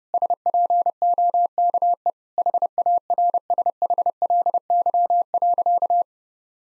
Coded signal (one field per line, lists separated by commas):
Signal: Morse code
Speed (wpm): 30 wpm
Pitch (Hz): 700 Hz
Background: none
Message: SPOKE HARSHLY.